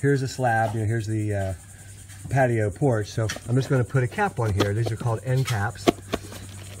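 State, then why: Seated. Someone talks while a plastic end cap is pushed onto the open end of a perforated foundation drain pipe in the trench. A short, sharp snap is heard at 6.1 s as the end cap seats in place on the pipe.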